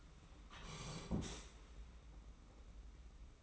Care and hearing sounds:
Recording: daily activity, microphone in the room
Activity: sit down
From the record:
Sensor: 1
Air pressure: 991.7 hPa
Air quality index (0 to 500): 157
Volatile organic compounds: 1000 ppm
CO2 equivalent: 5862 ppm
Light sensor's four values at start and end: 30/100/39/40 and 31/103/40/41

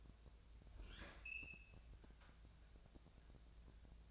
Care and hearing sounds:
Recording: daily activity, microphone in the room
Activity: open fridge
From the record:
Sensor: 2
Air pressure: 999.9 hPa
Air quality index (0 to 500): 124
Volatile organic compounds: 2 ppm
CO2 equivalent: 1067 ppm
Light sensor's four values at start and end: 31/77/33/37 and 31/77/33/37

